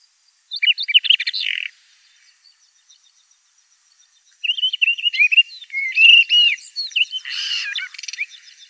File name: Gorihvostka krasnobrjuhaja